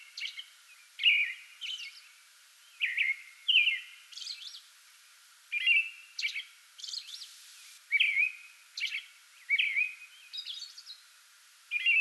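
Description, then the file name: American robin singing a steady run of rich, slurred whistled phrases, interspersed with high, scratchy hisselly notes throughout twelve seconds. Singing before dawn from a small tree in a front yard, 8 May 2022. "2022-05-08 American Robin pre-dawn singing from small tree in front yard"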